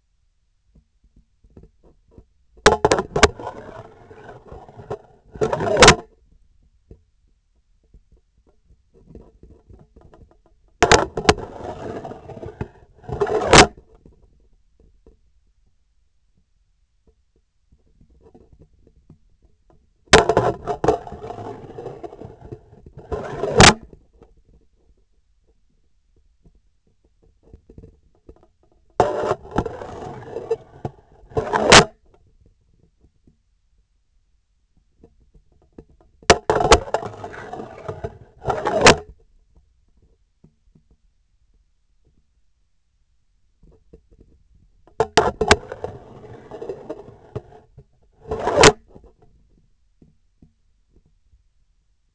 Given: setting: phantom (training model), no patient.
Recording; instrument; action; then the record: laparoscopic instrument, vibration sensor on the handle end; scissors; insertion and removal through the trocar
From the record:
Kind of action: spatial motion